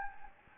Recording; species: mosquito wingbeat signal from an infrared sensor; Anopheles gambiae